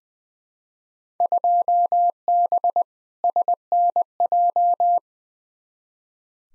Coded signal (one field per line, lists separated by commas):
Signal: Morse code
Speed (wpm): 20 wpm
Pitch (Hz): 700 Hz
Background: none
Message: 2B SNJ